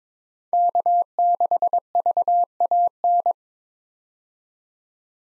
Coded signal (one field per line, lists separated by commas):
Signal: Morse code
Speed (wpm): 22 wpm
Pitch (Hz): 700 Hz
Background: none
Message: K6VAN